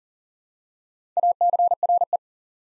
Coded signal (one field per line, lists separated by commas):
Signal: Morse code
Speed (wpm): 40 wpm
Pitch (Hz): 700 Hz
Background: none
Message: ACRE